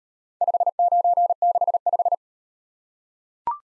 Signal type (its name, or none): Morse code